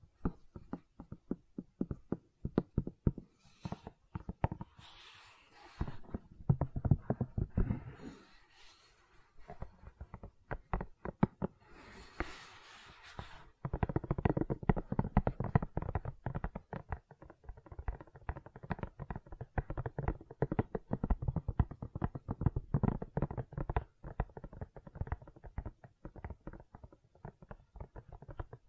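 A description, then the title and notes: Gentle silicon sounds: dense soft clicks, squishes and light taps tumbling in quick irregular bursts throughout. A few brighter, airy rustles rise around 4–8 seconds and again near 12–13 seconds, and after 14 seconds the tapping grows steadier and busier. ASMR Gentle Silicon Sounds for Sleep (No Talking).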